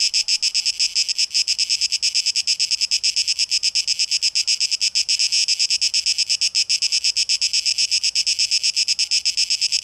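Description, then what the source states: Cicada song, rhythmic high buzzing with a strong, even, rapid throb, nothing else prominent. Recorded 12 August 2023.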